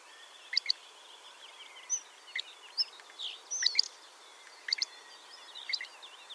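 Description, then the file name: Great grey shrike song of scattered short chirps and thin whistled notes, irregular and varied, with quiet pauses between phrases against a light background hiss. "Averla Maggiore"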